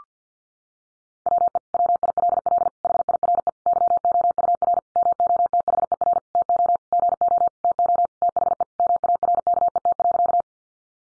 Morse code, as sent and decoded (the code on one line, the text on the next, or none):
.-- . / .-- .. .-.. .-.. / .... .. .-. . / -.-- --- ..- .-. / -- --- - .... . .-. / - --- / --. --- / - --- / - .... . / -- .- .-. -.- . - .-.-.-
WE WILL HIRE YOUR MOTHER TO GO TO THE MARKET.